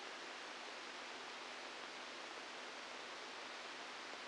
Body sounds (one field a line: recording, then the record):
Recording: brain microelectrode recording played as sound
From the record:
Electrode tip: outside the subthalamic nucleus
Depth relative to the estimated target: 3 mm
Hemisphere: left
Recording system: NeuroSet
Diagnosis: Parkinson's disease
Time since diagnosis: 12 years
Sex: male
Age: 61 years